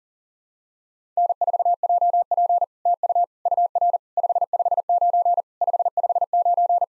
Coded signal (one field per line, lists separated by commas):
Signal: Morse code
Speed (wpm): 40 wpm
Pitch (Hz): 700 Hz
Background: none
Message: N4JP TU UR 559 559